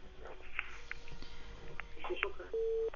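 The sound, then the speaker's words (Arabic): A viewer's incoming telephone call signals on the line of the TV program "Man al-Gani": a few brief electronic blips, then a loud, steady mid-pitched tone that holds through the final half second over a faint murmur of background noise. “معانا تليفون.”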